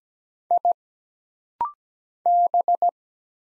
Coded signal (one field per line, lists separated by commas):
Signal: Morse code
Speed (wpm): 17 wpm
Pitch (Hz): 700 Hz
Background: none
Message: I B